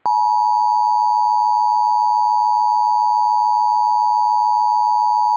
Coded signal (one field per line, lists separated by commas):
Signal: Emergency Alert System (SAME) tones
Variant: 853 and 960 Hz attention tone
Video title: EAS Mock 15: Unscripted Rovi Tomfoolery